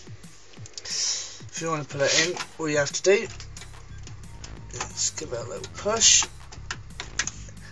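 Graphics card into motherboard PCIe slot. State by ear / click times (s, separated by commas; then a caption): seated / 7.2 s. A graphics card is given a little push into a motherboard's PCIe slot while someone talks over faint background sound. Several small taps and clicks follow, and the plastic retention latch clicks at 7.2 s as the card seats.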